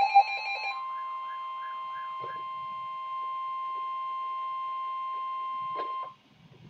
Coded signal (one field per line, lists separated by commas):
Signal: Emergency Alert System (SAME) tones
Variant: 1050 Hz attention tone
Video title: Severe Thunderstorm Warning (EAS Alert #621)